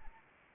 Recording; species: mosquito wingbeat signal from an infrared sensor; Anopheles arabiensis